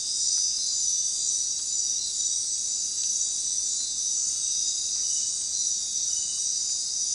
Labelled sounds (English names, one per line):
none